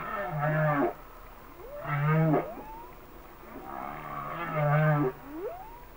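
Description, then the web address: Humpback whale song: three loud harmonic moaning units over deep low grunts, with short rising whoops between them. "Whale Songs Sounds of Nature - Humpback Whales"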